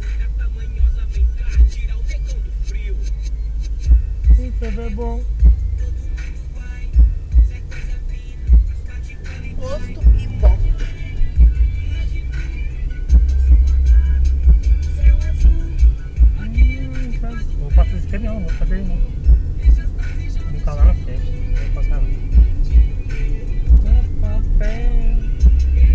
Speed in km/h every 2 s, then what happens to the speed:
11, 11, 12, 12, 13, 22, 24, 27, 27, 32, 33, 35, 35.
0-7 steady at about 11. 7-18 speeds up to 32. 18-26 steady at about 33.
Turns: none.